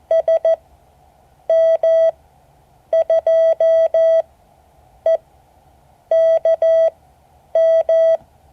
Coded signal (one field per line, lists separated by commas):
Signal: Morse code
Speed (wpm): 14 wpm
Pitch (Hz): 650 Hz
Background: none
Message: SM2EKM